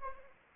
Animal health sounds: mosquito wingbeat signal from an infrared sensor; Anopheles arabiensis

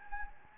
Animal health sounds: mosquito wingbeat signal from an infrared sensor; Anopheles gambiae

